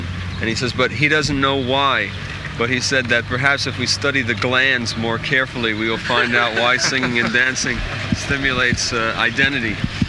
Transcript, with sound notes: And he says but he doesn't know why, but he said that perhaps if we study the glands more carefully, [laughter] we will find out why singing and dancing stimulates identity.